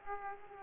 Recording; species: mosquito wingbeat signal from an infrared sensor; Aedes aegypti